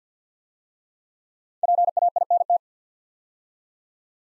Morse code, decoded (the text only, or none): PAINT